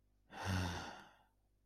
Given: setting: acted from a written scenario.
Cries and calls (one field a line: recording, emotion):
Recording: vocal sound without words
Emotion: ecstasy